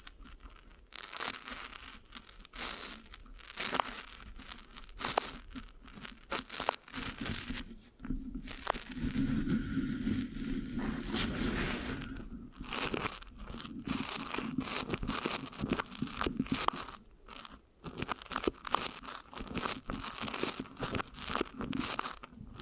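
Fingers scratch and rub across a microphone, with sticky, crackling textures throughout. Dense, irregular crunches and crinkles come in quick bursts, thickening into a steadier, louder rubbing from about 9 to 13 seconds before breaking back into scattered scratches.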